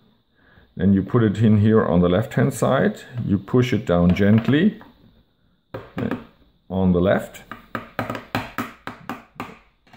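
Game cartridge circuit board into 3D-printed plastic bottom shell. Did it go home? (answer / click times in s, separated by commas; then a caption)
yes / 7.8 s, 8.0 s, 8.3 s. Someone talks while a bare game cartridge circuit board is placed on the left side of a 3D-printed plastic bottom shell and pushed down gently. Sharp clicks at about 7.8, 8.0 and 8.4 seconds, among a run of short taps, mark the board snapping into the shell, where it is held in place and fixed.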